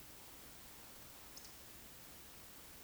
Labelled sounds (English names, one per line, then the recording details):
Eurasian Woodcock whistle
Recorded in Baden-Württemberg, Germany, on 16 June 2021 at 20:06 UTC
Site 20675, 466 m above sea level